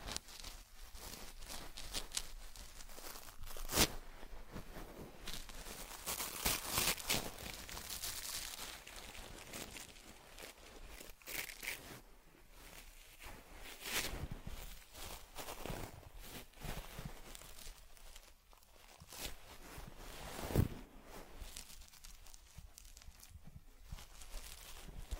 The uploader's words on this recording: ASMR Taking Care of Teddy Head Massage, Facial Cleansing, Fur Combing and Ear Cleaning(No Talking).